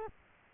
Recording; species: mosquito wingbeat signal from an infrared sensor; Culex quinquefasciatus